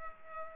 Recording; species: mosquito wingbeat signal from an infrared sensor; Culex pipiens